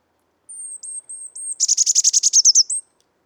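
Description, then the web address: Eurasian blue tit, thin high whistled notes followed by a loud, harsh buzzy churring trill of rapid pulses. "SETE data Cyanistes caeruleus"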